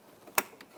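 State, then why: Seated. An electrical connector is pushed onto the bottom lamp of a new headlight assembly for a 2008–2012 Jeep Liberty, with the protective film still on the lens. A sharp, bright click at 0.4 s confirms the connector has seated, followed by a faint tick at 0.6 s.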